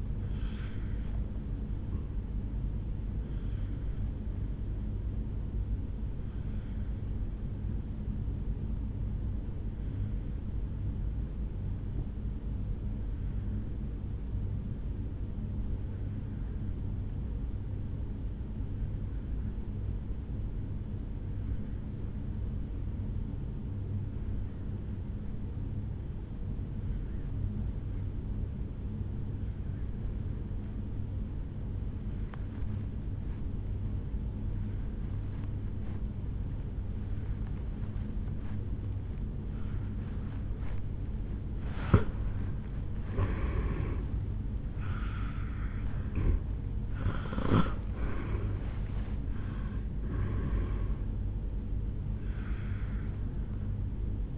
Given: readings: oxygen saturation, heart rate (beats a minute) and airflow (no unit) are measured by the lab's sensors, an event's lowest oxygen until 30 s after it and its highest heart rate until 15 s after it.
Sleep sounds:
breathing in sleep by a smartphone at the bedside; 1
10.00-41.60 s: obstructive apnea (N1, oxygen 97% highest, then 83% lowest, heart rate 54 at the start, 75 highest)
17.00-47.00 s: new sleep stage, N3 (deep sleep)
47.00-54.38 s: new sleep stage, N1 (lightest sleep)
From the record:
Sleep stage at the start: N1 (lightest sleep); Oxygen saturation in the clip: 81 to 97%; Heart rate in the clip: 53 to 77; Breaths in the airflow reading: 4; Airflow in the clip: -11.8 to 6.4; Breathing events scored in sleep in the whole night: 449 in 7.0 hours asleep

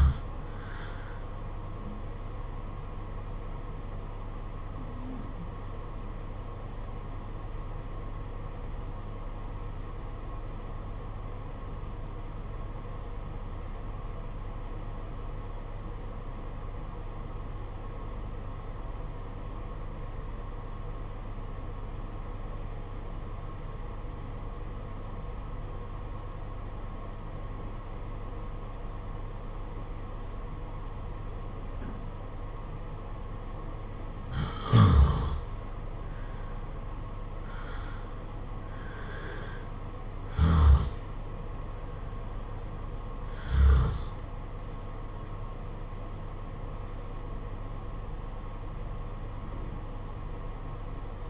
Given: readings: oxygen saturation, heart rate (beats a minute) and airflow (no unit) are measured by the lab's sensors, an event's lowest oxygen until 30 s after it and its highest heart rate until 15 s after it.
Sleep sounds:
breathing in sleep by a smartphone at the bedside; 1
9.00-35.90 s: obstructive apnea (N1, oxygen 95% highest, then 81% lowest, heart rate 49 at the start, 64 highest)
12.00-51.30 s: new sleep stage, N2 (light sleep)
From the record:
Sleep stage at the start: N1 (lightest sleep); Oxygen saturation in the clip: 81 to 95%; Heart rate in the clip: 48 to 64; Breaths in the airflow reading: 5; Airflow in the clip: -8.5 to 9.9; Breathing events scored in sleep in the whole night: 476 in 9.7 hours asleep

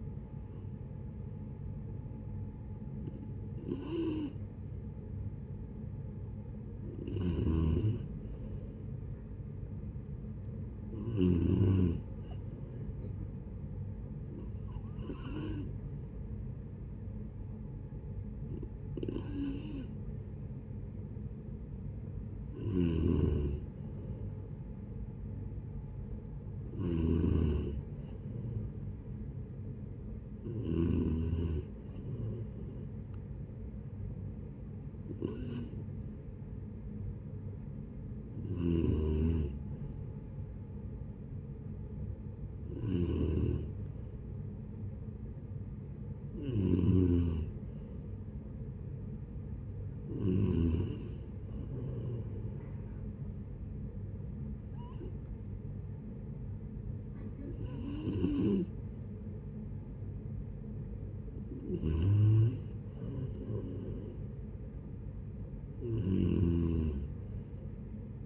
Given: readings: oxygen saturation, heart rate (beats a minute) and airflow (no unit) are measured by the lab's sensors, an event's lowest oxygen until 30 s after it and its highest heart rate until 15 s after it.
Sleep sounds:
breathing in sleep by a smartphone at the bedside; 1
14.00-24.50 s: hypopnea (N3, oxygen 93% highest, then 90% lowest, heart rate 72 at the start, 77 highest)
From the record:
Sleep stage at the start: N3 (deep sleep); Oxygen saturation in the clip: 89 to 93%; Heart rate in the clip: 69 to 77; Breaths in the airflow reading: 17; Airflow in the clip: -12.4 to 11.2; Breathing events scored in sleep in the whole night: 496 in 5.4 hours asleep

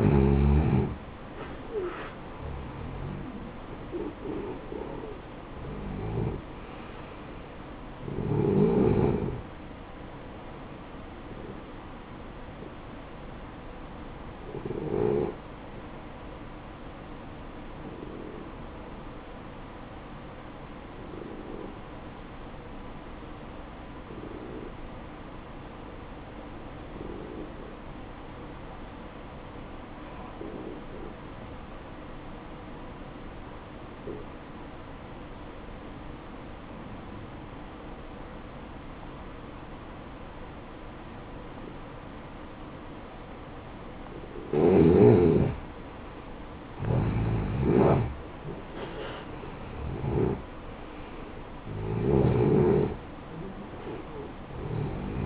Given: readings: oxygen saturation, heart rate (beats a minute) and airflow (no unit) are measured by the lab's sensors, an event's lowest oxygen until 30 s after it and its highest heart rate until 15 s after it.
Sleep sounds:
breathing in sleep by a voice recorder at the bedside; 1
21.00-45.60 s: obstructive apnea (N1, oxygen 95% highest, then 86% lowest, heart rate 57 at the start, 70 highest)
From the record:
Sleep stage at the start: N1 (lightest sleep); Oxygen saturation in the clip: 86 to 95%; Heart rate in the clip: 55 to 70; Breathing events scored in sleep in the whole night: 573 in 9.8 hours asleep

